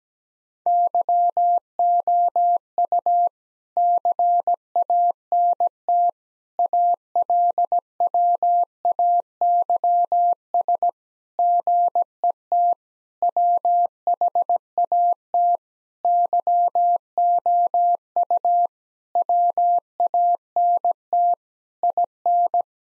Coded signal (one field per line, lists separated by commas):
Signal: Morse code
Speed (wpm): 17 wpm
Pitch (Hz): 700 Hz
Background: none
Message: YOU CANT ALWAYS GET WHAT YOU WANT IN